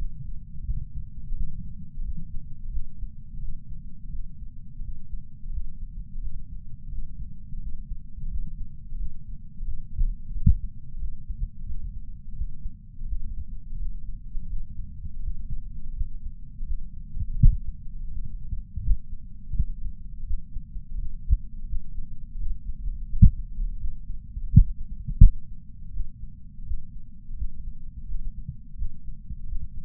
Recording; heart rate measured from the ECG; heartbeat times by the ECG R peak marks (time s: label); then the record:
heart sounds by patch sensor on the chest; 85 bpm
0.64 s: heartbeat
1.34 s: heartbeat
2.02 s: heartbeat
2.70 s: heartbeat
3.39 s: heartbeat
4.10 s: heartbeat
4.81 s: heartbeat
5.50 s: heartbeat
6.20 s: heartbeat
6.89 s: heartbeat
7.59 s: heartbeat
8.28 s: heartbeat
8.97 s: heartbeat
9.64 s: heartbeat
10.32 s: heartbeat
10.98 s: heartbeat
11.65 s: heartbeat
12.34 s: heartbeat
13.06 s: heartbeat
13.77 s: heartbeat
14.47 s: heartbeat
15.21 s: heartbeat
15.94 s: heartbeat
16.65 s: heartbeat
17.36 s: heartbeat
18.09 s: heartbeat
18.81 s: heartbeat
19.53 s: heartbeat
20.24 s: heartbeat
20.96 s: heartbeat
21.66 s: heartbeat
22.37 s: heartbeat
23.07 s: heartbeat
23.78 s: heartbeat
24.49 s: heartbeat
25.19 s: heartbeat
25.91 s: heartbeat
26.64 s: heartbeat
27.35 s: heartbeat
28.06 s: heartbeat
28.76 s: heartbeat
29.46 s: heartbeat
From the record:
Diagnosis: coronary artery disease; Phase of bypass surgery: postoperative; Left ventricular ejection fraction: 48.9%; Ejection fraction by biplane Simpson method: 50.6%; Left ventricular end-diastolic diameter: 48 mm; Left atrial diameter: 31 mm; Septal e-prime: 7.6 cm/s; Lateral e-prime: 9.6 cm/s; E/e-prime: 6.6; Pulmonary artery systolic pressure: 23 mmHg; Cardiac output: 5.5 L/min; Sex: male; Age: 60 years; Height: 174 cm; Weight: 72 kg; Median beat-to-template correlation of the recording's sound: 0.83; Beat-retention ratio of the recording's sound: 0.99